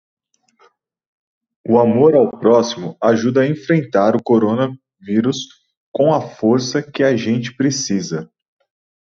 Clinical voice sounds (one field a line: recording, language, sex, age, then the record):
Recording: spoken sentence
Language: Brazilian Portuguese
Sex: male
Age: 30 to 39 years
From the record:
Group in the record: control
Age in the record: 36 years